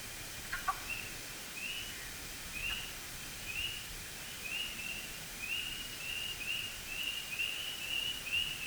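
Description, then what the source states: Spring peeper calls: short, high, upslurred whistled peeps repeated roughly once a second over soft background hiss, with a few brief clicks near the start. Delicate, whistle-like peeping in early spring.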